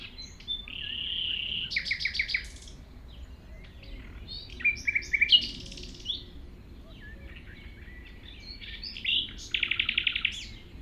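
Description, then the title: Common nightingale song: a pure sustained whistle, then fast buzzy repeated notes, varied chirping phrases, and a final rapid rattling trill near the end. Recorded at 195 Rue de Vars, Chindrieux, France, approaching the singing nightingale on foot through tall grass; it ignores outside noise while singing. "195 Rue de Vars, 73310 Chindrieux, France - approche d'un rossignol"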